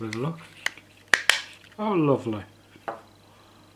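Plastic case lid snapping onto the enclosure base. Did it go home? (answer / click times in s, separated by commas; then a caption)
yes / 1.1 s, 1.3 s. The two halves of a 3D-printed plastic case for an FM transmitter project are pushed together, and the lid snaps onto the enclosure base. Two sharp clicks ring out at 1.1 s and 1.3 s as it seats and fits perfectly. Someone talks before and after.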